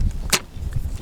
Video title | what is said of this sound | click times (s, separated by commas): Atlas Bipod Review (ATLAS PSR SOCOM Precision Bipod) | it's a very what what I first noticed it was it's a very solid lock up | 0.3 s